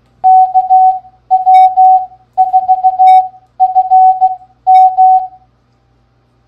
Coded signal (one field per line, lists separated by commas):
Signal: Morse code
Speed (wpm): 16 wpm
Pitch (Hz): 750 Hz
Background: none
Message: KW4FM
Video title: Game Time! Morse Code Practice is now a game. Can you beat our scores? Don’t miss the loser’s prize!